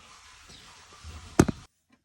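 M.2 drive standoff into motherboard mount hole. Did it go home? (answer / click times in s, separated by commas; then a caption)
yes / 1.4 s. An M.2 drive standoff is pressed lightly into its mount hole on a motherboard. Over a faint low hum, a loud, sharp pop rings out at 1.4 s, followed by a smaller tick just after, then near silence. The standoff pops into place and is seated.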